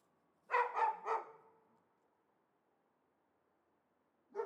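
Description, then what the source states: Dog barking, three quick harsh barks in a burst, then silence before another bark starts at the end. Two or perhaps three dogs, apparently caged and unseen, excite each other at the slightest outside noise; Chamonix-Mont-Blanc, Auvergne-Rhône-Alpes, France.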